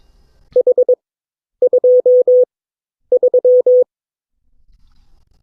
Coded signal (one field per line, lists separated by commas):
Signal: Morse code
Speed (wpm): 22 wpm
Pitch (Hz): 500 Hz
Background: none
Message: H23